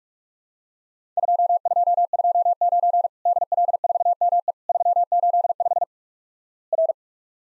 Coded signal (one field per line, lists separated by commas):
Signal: Morse code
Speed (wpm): 48 wpm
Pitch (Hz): 700 Hz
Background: none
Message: 2229 DL4ME 385 R